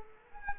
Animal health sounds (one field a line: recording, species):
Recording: mosquito wingbeat signal from an infrared sensor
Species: Culex quinquefasciatus